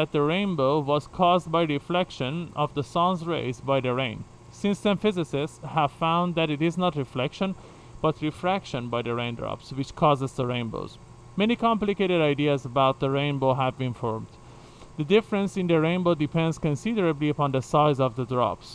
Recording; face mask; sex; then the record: reading aloud; surgical mask; male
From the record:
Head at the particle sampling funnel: facing it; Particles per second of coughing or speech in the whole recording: 0.101